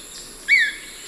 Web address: S America Eastern Lowlands 386-04 Cnipodectes subbrunneus, call